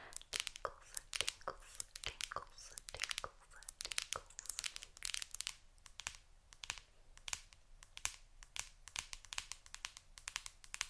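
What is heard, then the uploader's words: Acrylic nails tap on a phone screen in quick, irregular bursts, each tap a sharp, bright click. The taps come several per second throughout, sometimes in clusters, with a faint low hum underneath. ASMR Tingly Acrylic Nail Tapping On Phone Screen.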